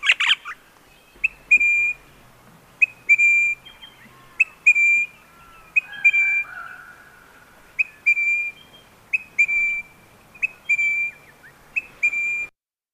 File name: eastern Rosella